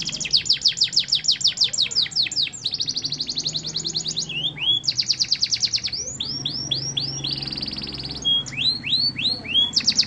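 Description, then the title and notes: Canary song alternating fast descending chirps with dense rattling trills and looping swoops, delivered without a break over a faint low hum. Master canary song (kenari masteran), described as solid (mantap). "Suara Burung Kenari Masteran. master suara burung kenari mantap"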